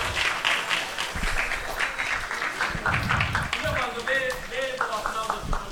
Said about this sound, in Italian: E bravo, un applauso che se lo merita.